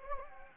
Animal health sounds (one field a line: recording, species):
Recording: mosquito wingbeat signal from an infrared sensor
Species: Anopheles gambiae